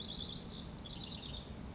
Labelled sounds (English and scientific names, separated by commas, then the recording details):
House Wren (Troglodytes aedon)
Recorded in Sonoma County, California